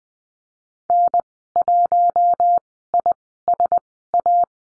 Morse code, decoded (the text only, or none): N1ISA